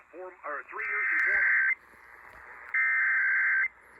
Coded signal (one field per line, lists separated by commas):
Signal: Emergency Alert System (SAME) tones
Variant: header bursts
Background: speech